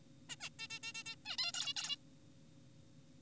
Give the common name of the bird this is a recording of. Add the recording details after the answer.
Zebra Finch. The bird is an adult. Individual g4p5U